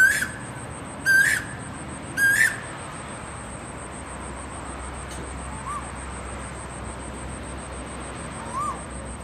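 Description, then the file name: Asian koel gives three loud rising notes, then two faint calls follow, under a constant thin high-pitched whine. Calling to find a mate. "นกกาเหว่าร้องหาคู่"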